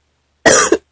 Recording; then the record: coughing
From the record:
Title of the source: 30 Chesty and wet cough